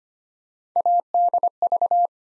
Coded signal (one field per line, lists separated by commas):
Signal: Morse code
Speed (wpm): 25 wpm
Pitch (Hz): 700 Hz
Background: none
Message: ADV